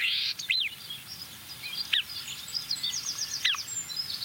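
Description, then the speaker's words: Marsh warbler song: sparse, varied high notes with a few sharp downward-slurred notes and soft twittering between. Song made of fast imitations, mostly of African species; this bird starts quite calmly. "Ja, deze bosrietzanger werkt gelukkig een beetje mee, want deze begint vrij rustig."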